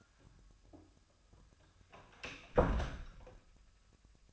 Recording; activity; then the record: daily activity, microphone in the room; close door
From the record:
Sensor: 2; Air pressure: 1007.0 hPa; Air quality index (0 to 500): 196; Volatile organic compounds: 13 ppm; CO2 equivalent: 2403 ppm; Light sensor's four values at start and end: 9/23/9/10 and 9/22/9/9